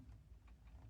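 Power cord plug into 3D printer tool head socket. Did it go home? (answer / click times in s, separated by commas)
no / none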